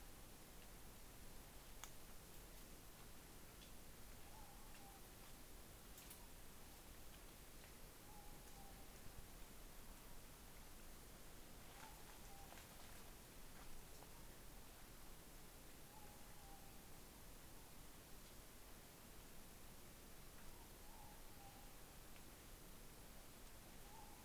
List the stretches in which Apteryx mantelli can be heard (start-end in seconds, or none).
none